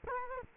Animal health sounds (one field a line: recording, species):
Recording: mosquito wingbeat signal from an infrared sensor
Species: Culex quinquefasciatus